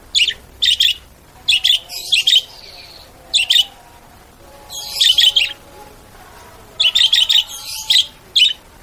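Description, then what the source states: Bird chirping in quick clusters of sharp, high chirps, several bursts with brief pauses between them, over soft faint tonal notes lower down. Bird ringtone with melodious sounds.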